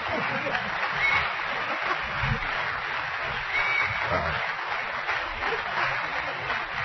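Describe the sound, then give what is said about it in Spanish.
A crowd applauds in a dense, steady wash of clapping that holds at an even, moderate loudness for about seven seconds without building or fading. “Aplausos, por favor.”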